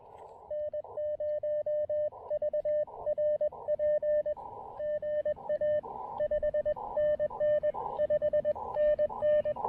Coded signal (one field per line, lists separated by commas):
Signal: Morse code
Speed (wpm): 20 wpm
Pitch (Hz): 590 Hz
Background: radio noise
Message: N0VRP GA 5NN 5NN